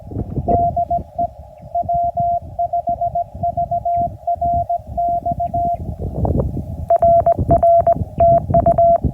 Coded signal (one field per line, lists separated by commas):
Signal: Morse code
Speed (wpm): 19 wpm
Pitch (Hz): 680 Hz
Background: none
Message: DE W5VRX RR TU